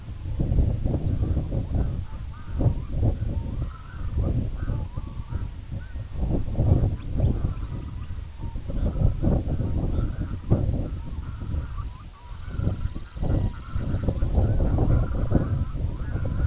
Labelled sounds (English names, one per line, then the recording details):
Red-throated Loon
unidentified sound
Red Phalarope
Semipalmated Sandpiper
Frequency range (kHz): Red Phalarope 2.6-4.2 kHz; Semipalmated Sandpiper 2.2-4.8 kHz
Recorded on Arctic tundra, site IGLO-A, on 17 June 2018
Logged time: 19:59